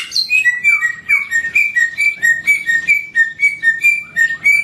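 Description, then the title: Songbird song: a string of short, clear whistled notes repeated rapidly. Songbird named Samyong singing actively and loudly (gacor, volume tembus). "SAMYONG 1 MILYAR GACOR VOLUME TEMBUS [Burung Kicau"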